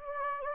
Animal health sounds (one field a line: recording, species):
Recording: mosquito wingbeat signal from an infrared sensor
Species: Anopheles gambiae